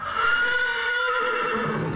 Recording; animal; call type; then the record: contact call of a hoofed animal; horse; whinny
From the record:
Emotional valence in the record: positive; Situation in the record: reunion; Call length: 1.96 s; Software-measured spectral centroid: 1870 Hz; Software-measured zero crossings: 2640 a second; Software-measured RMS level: -24 dBFS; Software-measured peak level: -12 dBFS